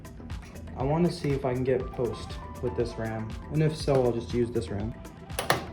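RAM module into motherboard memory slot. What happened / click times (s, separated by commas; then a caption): The memory module's retention latches clicked shut / 5.4 s, 5.5 s. Someone talks while pressing an old RAM stick, from the kit that came with a broken motherboard, into a motherboard DIMM slot to test whether it will POST. The stick's two retention clips snap shut with two sharp clicks at 5.4 s and 5.5 s, and the RAM is seated.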